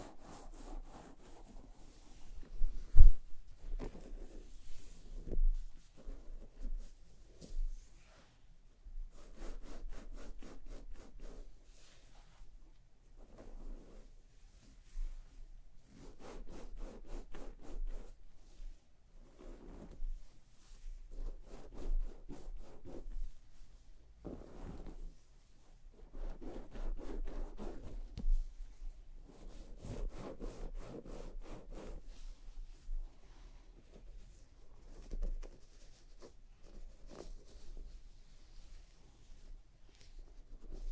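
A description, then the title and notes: Scalp massage and hair brushing: quick, regular bristly strokes come in bursts every few seconds, each a dense crackling sweep through the hair. Softer rubbing fills the gaps, with a sharp tap near three seconds and a low steady hum underneath throughout. ASMR Let me massage your scalp and brush your hair (1 HOUR No Talking).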